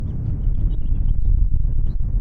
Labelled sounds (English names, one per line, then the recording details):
House Finch song
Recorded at Lawrence on Long Island, New York, on 4 June 1975
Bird C